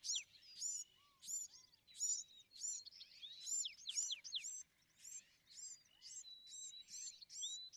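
Bewick's wren: a dense stream of high, rapid, sweeping notes, with faint lower whistles underneath.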